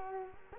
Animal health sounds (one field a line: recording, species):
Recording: mosquito wingbeat signal from an infrared sensor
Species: Culex quinquefasciatus